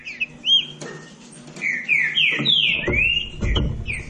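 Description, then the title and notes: Green-winged saltator song of loud slurred whistles, some sliding down and others rising, in a quick run, with low thumping noise in the second half. Classic song style (canto clássico) recording intended for training. "Canto Clássico Trinca Ferro TREINAMENTO. trinca fero"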